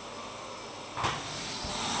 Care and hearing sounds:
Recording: daily activity, microphone in the room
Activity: vacuum cleaning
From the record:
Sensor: 1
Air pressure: 1002.0 hPa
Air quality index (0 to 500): 242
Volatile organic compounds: 47 ppm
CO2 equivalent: 3255 ppm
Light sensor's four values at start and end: 8/28/10/11 and 8/28/10/11

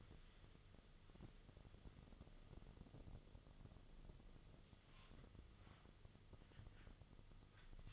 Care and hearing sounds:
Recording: daily activity, microphone in the room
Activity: wipe stove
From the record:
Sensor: 4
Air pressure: 1005.7 hPa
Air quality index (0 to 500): 103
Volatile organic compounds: 2 ppm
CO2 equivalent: 1284 ppm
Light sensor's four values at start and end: 11/26/10/10 and 11/26/10/10

